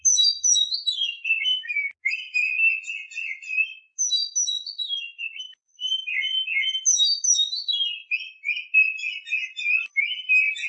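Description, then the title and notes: Oriental magpie-robin song in long bursts: high whistled notes sliding down into dense, warbling chatter, phrases repeating with short pauses every few seconds. Champion (juara) bird. "Kicau Burung Kacer Juara. Suara Kicauan Burung Kacer Juara"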